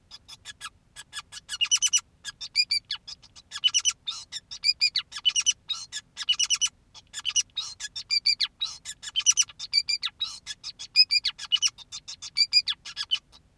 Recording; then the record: song of a male Bengalese finch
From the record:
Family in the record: son of father 2, and himself father 5